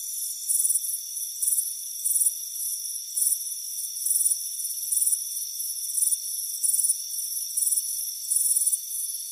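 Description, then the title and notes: Crickets chirp in louder high bursts about once a second, standing out over a softer steady trilling background. Crickets chirping on a warm afternoon at a front porch. "Soothing Crickets Chirping Sound. It's a warm afternoon as you relax in a hammock on the front porch. Relax and fall asleep to the soothing sound of chirping crickets. Deep Sleep Sounds"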